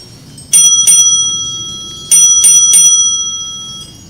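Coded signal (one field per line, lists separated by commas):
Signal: bell signal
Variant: railway block bell code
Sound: a single-stroke bell rings twice, pauses, then rings three times, tones lingering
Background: quiet room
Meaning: Bell code 2-3 offers an engine to the signalman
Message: 2-3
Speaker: the Bell code 23 indicates that the engine has been offered to the Superman at this location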